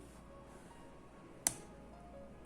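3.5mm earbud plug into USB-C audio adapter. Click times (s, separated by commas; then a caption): 1.5 s. A Samsung earbuds' 3.5mm metal jack plug is pushed into the socket of a USB-C to 3.5mm audio adapter. A single sharp, strong click rings out at 1.5 s over a low, steady background hiss. The plug is seated.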